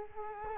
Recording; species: mosquito wingbeat signal from an infrared sensor; Culex quinquefasciatus